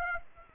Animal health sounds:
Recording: mosquito wingbeat signal from an infrared sensor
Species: Aedes aegypti

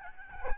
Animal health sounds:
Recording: mosquito wingbeat signal from an infrared sensor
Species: Aedes albopictus

